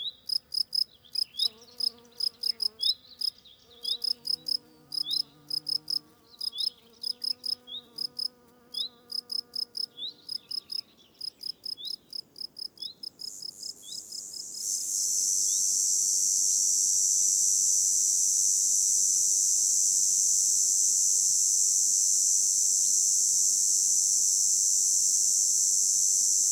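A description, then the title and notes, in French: Outdoors in a valley, insects chirp in quick, regular high pulses for the first fourteen seconds, over faint, steady lower tones. Around fifteen seconds a dense, loud, shrill insect drone takes over and holds unchanged to the end. Divers lieux dans la vallée du Maravel - divers équipements. Expérience étonnante du confinement COVID19 pendant trois mois seul avec les animaux et paysages sauvages de cette vallée du Haut-Diois.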